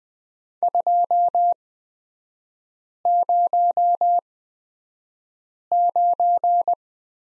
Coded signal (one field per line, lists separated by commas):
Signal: Morse code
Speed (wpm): 20 wpm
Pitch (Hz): 700 Hz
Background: none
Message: 209